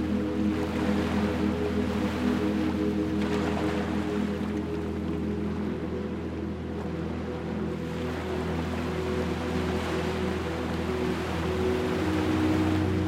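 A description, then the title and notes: Waves wash in steadily with gentle swells every few seconds, beneath a constant low, droning engine-like hum that never lets up. Waves Coming To Shore. The gentle lull of waves caressing the shore.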